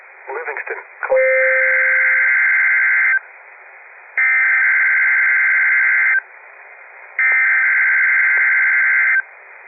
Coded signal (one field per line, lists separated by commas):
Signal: Emergency Alert System (SAME) tones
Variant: header bursts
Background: speech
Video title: EAS Alerts From August 2025 eas 21-31